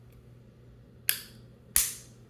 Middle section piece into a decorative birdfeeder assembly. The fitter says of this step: There. Okay, just snaps in. Easy